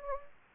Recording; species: mosquito wingbeat signal from an infrared sensor; Anopheles gambiae